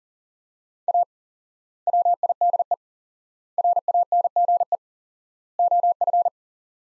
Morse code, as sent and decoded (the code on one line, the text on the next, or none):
.- / .-- .. -.. . / .-. .- -. --. . / --- ..-.
A WIDE RANGE OF